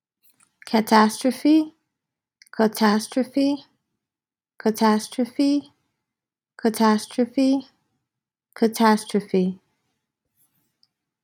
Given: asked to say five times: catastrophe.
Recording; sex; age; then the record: repeated word; female; 30 to 39 years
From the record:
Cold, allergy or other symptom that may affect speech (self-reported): no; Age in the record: 31 years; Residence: New York, United States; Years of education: 18